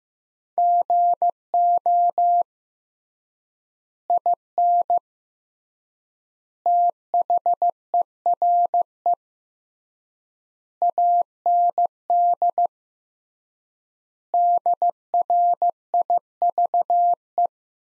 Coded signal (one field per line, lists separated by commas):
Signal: Morse code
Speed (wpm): 15 wpm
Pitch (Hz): 700 Hz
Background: none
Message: GO IN THERE AND DRIVE